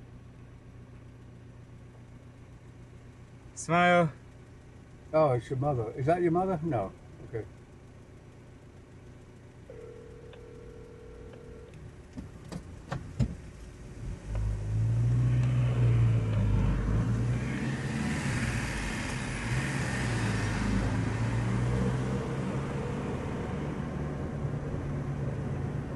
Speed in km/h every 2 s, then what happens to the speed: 0, 0, 0, 0, 0, 0, 0, 4, 13, 15, 23, 28, 25.
0-13 standing. 13-26 pulls away to 25.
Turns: none.